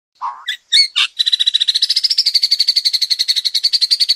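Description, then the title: Oriental magpie-robin giving a few separate whistled and harsh notes, then launching into a fast, even buzzy rattle of pulsed notes held steady to the end. "Kacer"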